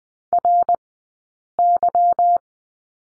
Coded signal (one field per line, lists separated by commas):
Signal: Morse code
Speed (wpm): 20 wpm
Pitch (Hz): 700 Hz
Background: none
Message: RY